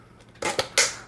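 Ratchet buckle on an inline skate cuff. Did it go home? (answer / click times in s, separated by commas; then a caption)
released / 0.8 s. A plastic ratchet buckle on an inline skate cuff is pulled to release it. Brief rattling and scraping from about 0.4 s leads to a sharp plastic snap at 0.8 s as the buckle lets go, followed by a faint tick near the end. The buckle is released.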